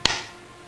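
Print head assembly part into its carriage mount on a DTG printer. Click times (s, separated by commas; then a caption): 0.1 s. During a print head replacement on an A3 DTG T-shirt printer, a print head assembly part that was slid down along a slot is pressed at one point and snaps into its carriage mount holder. A single sharp click is heard at 0.1 s, followed by a short decaying ring, and the part is seated.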